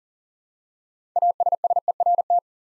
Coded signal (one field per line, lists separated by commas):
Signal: Morse code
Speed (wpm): 42 wpm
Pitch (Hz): 700 Hz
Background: none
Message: ASSERT